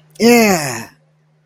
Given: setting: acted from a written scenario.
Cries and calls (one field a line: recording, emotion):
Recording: vocal sound without words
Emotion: pride